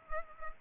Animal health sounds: mosquito wingbeat signal from an infrared sensor; Culex pipiens

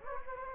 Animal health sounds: mosquito wingbeat signal from an infrared sensor; Anopheles gambiae

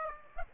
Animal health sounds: mosquito wingbeat signal from an infrared sensor; Aedes aegypti

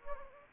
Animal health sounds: mosquito wingbeat signal from an infrared sensor; Anopheles gambiae

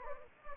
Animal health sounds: mosquito wingbeat signal from an infrared sensor; Anopheles gambiae

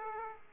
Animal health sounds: mosquito wingbeat signal from an infrared sensor; Aedes aegypti

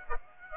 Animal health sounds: mosquito wingbeat signal from an infrared sensor; Aedes aegypti

